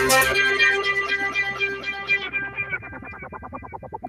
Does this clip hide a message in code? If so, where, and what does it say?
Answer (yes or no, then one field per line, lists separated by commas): no